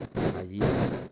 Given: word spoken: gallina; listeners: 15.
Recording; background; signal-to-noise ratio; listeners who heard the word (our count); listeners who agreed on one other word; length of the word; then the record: one Spanish word in noise, from a listening test; noise modulated by one talker; -10.0 dB; 4 of 15; 10 of 15; 0.72 s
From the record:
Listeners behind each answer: 10, 4, 1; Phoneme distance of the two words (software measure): 21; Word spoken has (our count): 3 syllables, 6 phonemes, stress on syllable 2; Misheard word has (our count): 2 syllables, 3 phonemes, stress on syllable 2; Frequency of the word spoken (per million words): 10.44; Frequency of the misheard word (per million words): 306.57